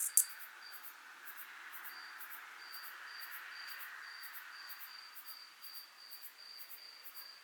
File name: Acrometopa servillea italica 1 Alberobello Puglia IT 20000709 20 °C Odé